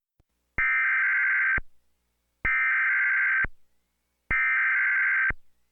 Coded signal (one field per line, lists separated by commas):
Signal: Emergency Alert System (SAME) tones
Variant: header bursts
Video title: Merry Christmas! (EAS Scenario)